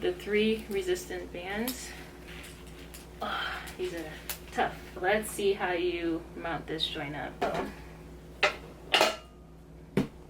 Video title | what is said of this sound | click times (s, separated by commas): BootySprout Unboxing & Amazon Workout Clothing TryOn Haul (grow your glutes AT HOME) | clicks into place | 10.0 s